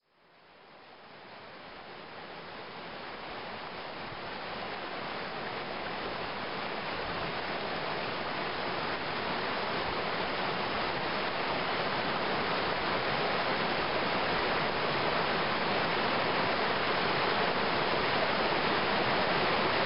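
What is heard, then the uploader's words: A small stream and waterfall rush steadily and densely, fading in over the first few seconds then holding a constant, bright splashing roar. A small stream and waterfall just outside Luang Namtha in northern Laos. Waterfall and stream.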